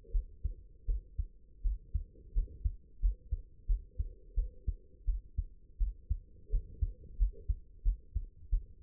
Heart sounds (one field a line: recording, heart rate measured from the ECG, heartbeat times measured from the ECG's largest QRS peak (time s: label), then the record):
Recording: heart sounds by stethoscope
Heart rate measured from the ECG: 86 bpm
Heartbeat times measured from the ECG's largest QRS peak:
0.12 s: heartbeat
0.86 s: heartbeat
1.63 s: heartbeat
2.34 s: heartbeat
3.00 s: heartbeat
3.67 s: heartbeat
4.35 s: heartbeat
5.06 s: heartbeat
5.78 s: heartbeat
6.51 s: heartbeat
7.18 s: heartbeat
7.83 s: heartbeat
8.50 s: heartbeat
From the record:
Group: healthy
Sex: female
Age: 22 years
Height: 161 cm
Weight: 65.5 kg